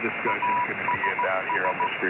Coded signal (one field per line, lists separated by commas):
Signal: Morse code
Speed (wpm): 16 wpm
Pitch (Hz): 980 Hz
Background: speech, radio noise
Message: ASS